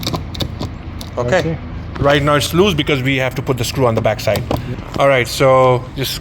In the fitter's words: yep and then you're going to place this side first yep yep yep and then pop right in pop in